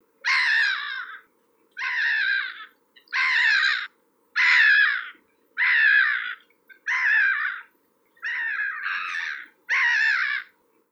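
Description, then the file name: Black-headed gull: harsh, grating calls, eight broad noisy bursts evenly spaced, each roughly a second long, with a faint steady hum underneath. "yurikamome"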